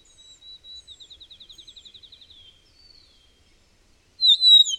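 Bird song: a soft rapid trill of repeated notes for two seconds, a brief slurred note, then a sudden loud high descending whistle at the end.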